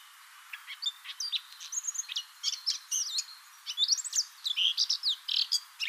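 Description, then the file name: Eurasian blackcap warbling song: a fairly quiet run of varied chirps, twitters and short whistled notes, growing busier and louder toward the end. "Sylvia atricapilla"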